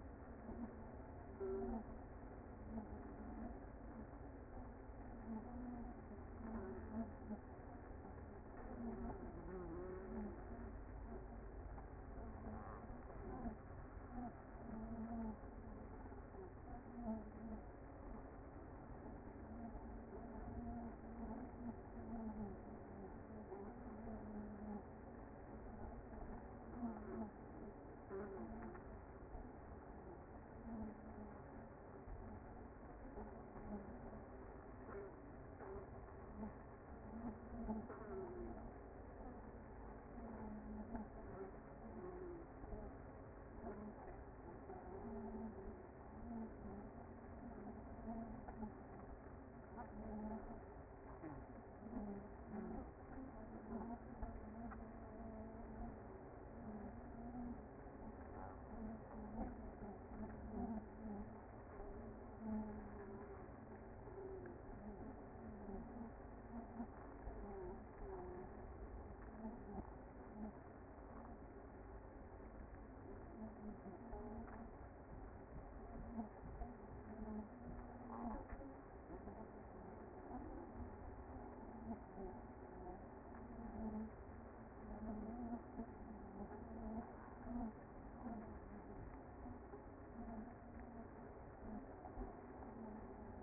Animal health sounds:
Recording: honeybee colony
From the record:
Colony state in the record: active

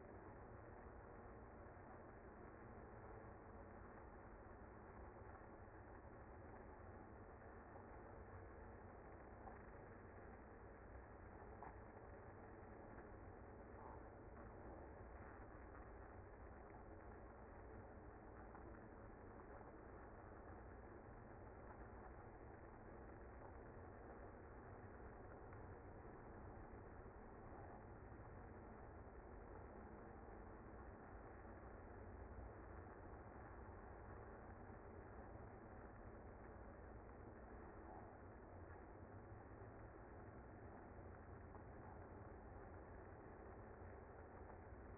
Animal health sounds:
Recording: honeybee colony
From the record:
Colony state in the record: active

